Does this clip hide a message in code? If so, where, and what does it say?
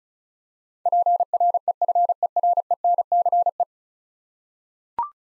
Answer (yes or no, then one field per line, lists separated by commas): yes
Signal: Morse code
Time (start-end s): 0.9-3.6 s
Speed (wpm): 36 wpm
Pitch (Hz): 700 Hz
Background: none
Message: PREFERENCE